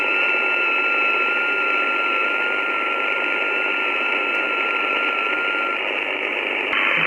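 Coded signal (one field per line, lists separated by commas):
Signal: FT8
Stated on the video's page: FT8 received via a Kiwi SDR.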